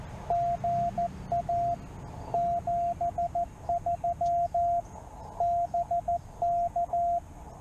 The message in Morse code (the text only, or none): GA 73 BK